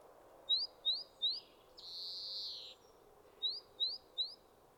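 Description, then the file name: European greenfinch calls: three quick upslurred twittering notes, then a long nasal buzzing wheeze lasting about a second, followed by three more twitters. "Chloris chloris"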